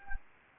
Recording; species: mosquito wingbeat signal from an infrared sensor; Anopheles gambiae